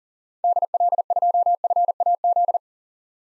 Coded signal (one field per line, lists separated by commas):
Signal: Morse code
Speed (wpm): 40 wpm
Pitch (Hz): 700 Hz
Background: none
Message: DL2FAZ